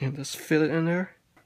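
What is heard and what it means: Someone talks while a plastic guard is squeezed on both sides and fitted onto the housing of a Black & Decker GH900 6.5 Amp electric string trimmer. A faint, brief sound comes near 1.4 seconds after the speech ends. The guard is being handled but has not snapped into place yet.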